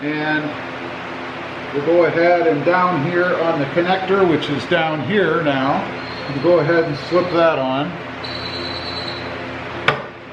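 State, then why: Seated. The lower socket end of a Redline Tuning gas hood strut, with the fat end up, is pushed onto the lower ball-stud connector on the body of a Toyota Tacoma. Someone talks over a steady background hum, then a sharp snap at 9.9 s marks the socket seating on the ball stud.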